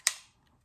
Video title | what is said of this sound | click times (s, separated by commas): Alien Gear ShapeShift G2C to G3C modification | you'll hear it click and you'll hear it lock. Now I can't get it out. | 0.1 s